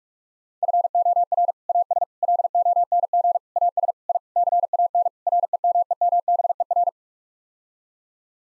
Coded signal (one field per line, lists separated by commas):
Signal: Morse code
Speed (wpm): 46 wpm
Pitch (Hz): 700 Hz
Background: none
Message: FOR AS LONG AS I CAN REMEMBER